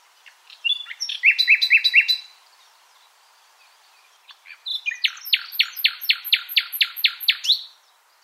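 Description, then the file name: Common nightingale song: a phrase of rapid repeated notes, a pause, then a longer series of loud, evenly spaced sharp notes. "Luscinia megarhynchos"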